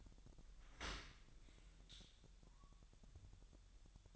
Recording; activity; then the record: daily activity, microphone in the room; open dishwasher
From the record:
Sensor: 3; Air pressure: 1000.5 hPa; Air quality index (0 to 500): 248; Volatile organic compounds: 172 ppm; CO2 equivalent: 4112 ppm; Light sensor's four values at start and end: 11/25/10/10 and 11/25/10/10